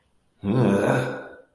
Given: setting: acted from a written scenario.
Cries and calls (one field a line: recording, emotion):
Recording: vocal sound without words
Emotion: disgust